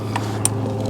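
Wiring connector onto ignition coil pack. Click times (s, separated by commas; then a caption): 0.5 s. An electrical wiring connector is pushed onto an ignition coil pack on a 2016 Ford Transit XLT350 during a spark plug replacement to fix a P0302 misfire. A faint tick at 0.2 s is followed by a sharp, bright click at 0.5 s over a steady low hum. The connector is confirmed seated on the coil.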